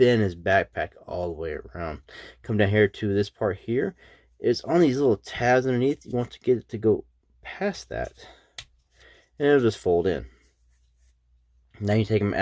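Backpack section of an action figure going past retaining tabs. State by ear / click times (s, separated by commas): seated / 8.6 s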